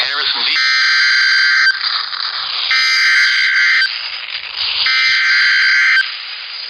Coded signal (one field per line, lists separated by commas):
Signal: Emergency Alert System (SAME) tones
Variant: header bursts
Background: speech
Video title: So Many Tornadoes and Severe Thunderstorms. (EAS 56-92) 3/31/23.